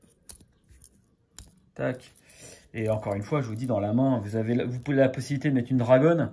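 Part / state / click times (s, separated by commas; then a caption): folding implement on a pocket multitool / seated / 0.3 s, 1.4 s. A metal implement on a Leatherman Squirt PS4 pocket multitool is opened and snaps into its locked position with sharp metallic clicks at 0.3 s and 1.4 s. After the clicks, someone talks for the rest of the clip.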